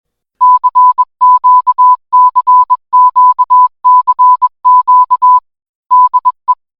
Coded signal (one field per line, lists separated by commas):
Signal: Morse code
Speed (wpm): 21 wpm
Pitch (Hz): 1000 Hz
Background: none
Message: CQCQCQ DE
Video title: AB4WS RADIO SHOW 2025 05 02